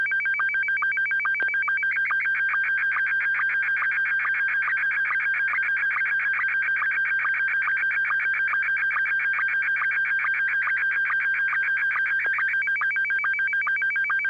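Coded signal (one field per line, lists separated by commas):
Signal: SSTV (slow-scan television)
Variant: Scottie 1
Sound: fast warbling, chirping tones with a steady rhythmic tick about twice a second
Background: low hum, steady tone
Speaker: all right I'm just going to send this one Scotty one and 6 YG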